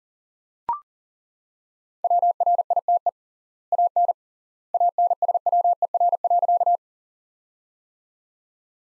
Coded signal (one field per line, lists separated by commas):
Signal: Morse code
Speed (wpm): 40 wpm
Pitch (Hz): 700 Hz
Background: none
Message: WRITE AN ANSWER.